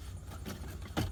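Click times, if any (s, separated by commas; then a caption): none. A plastic gear shift panel blind on a 2006 Volvo S40 T5 is handled and pressed back toward the center console trim so it will sit flush. Over a steady low rumble, soft rubbing and rustling handling noises rise around 0.5 s and again, louder, near 1.0 s. Nothing has seated or clicked yet.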